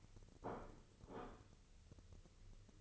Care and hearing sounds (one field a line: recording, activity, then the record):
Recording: daily activity, microphone in the room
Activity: place plate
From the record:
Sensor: 4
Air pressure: 1008.3 hPa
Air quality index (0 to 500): 82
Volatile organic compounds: 1 ppm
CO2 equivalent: 650 ppm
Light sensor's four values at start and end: 12/28/11/11 and 12/28/11/11